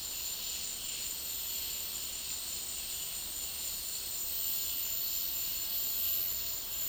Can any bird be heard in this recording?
no